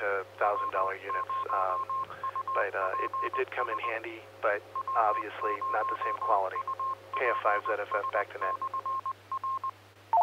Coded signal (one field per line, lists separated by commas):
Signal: Morse code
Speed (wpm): 20 wpm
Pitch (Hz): 1060 Hz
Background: speech, radio noise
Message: W0UPS W0UPS/R